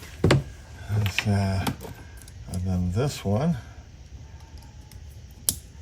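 Someone talks while the second plastic harness plug from the module is pushed into the vehicle's brake light connector. A single sharp, loud click is heard at 5.5 s as the plug seats fully.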